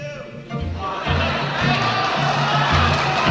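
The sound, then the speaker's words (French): A large concert audience bursts into sustained, dense applause after a singer holds a note on the word "bye", swelling after a quieter opening and holding steady and loud, with low musical tones pulsing underneath. “Et sur ce goodbye, le mot bye, elle arrive à chanter cette note et il y a un tonnerre d'applaudissements comme j'en ai jamais entendu.”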